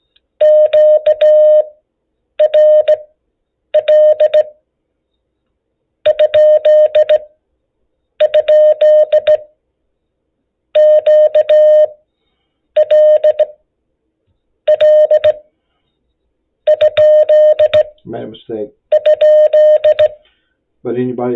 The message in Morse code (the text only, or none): QRL??QLL??E